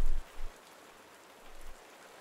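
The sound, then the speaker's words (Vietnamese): Steady rain pours down outside a house as an even, full hiss with no voices, broken by a couple of brief low thuds near the start and another soft swell later. “Ngoài trời mưa vẫn không ngừng rơi, một màu u tối bao trùm cả căn nhà, như cả cuộc đời của cô vậy.”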